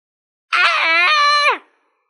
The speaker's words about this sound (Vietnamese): Phượng Thiên Tiên Sứ gào thét một tiếng, trong lòng càng phẫn hận tới cực điểm.